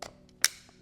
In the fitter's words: Comme ceci, le clic est là, donc c'est que c'est bien emboîté.